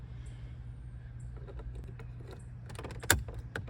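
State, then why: Seated. A second plastic climate control knob is pushed onto its dashboard control shaft in a 2010–2023 Toyota 4Runner over a steady low hum, with faint scattered ticks. It pops into place with a sharp click at 3.1 seconds, followed by a softer tap at 3.6 seconds. The knob is seated and confirmed good.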